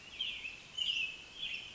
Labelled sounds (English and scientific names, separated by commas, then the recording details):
American Robin (Turdus migratorius)
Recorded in Sonoma County, California